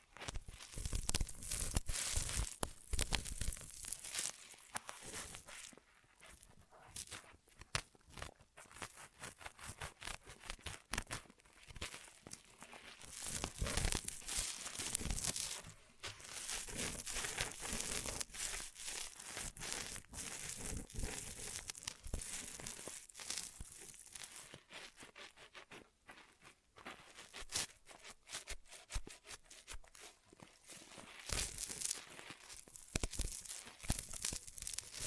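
Ear massage triggers: dense, continuous crinkling and rustling, bright and scratchy, with brief pauses near 6, 16 and 26 seconds.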